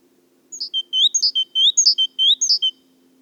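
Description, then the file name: Great tit giving a rapid series of high-pitched notes, sharp upper notes alternating with lower slurred whistles, in four groups against a faint low hum. "Parus major"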